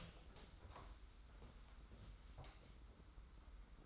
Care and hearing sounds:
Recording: daily activity, microphone in the room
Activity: open door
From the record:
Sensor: 3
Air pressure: 991.6 hPa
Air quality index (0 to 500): 147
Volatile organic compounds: 446 ppm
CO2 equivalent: 4743 ppm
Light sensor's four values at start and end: 42/118/48/42 and 42/118/48/42

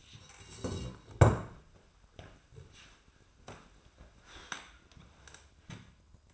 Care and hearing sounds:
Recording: daily activity, microphone in the room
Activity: sit down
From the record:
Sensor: 2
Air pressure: 1004.9 hPa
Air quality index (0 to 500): 89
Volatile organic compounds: 2 ppm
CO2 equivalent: 1074 ppm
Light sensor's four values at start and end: 6/13/6/6 and 7/17/7/7

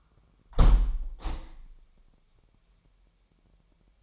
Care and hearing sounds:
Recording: daily activity, microphone in the room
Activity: close window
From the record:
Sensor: 1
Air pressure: 998.2 hPa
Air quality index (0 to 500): 140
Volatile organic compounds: 4 ppm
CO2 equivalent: 1676 ppm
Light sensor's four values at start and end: 16/53/21/21 and 16/53/21/21

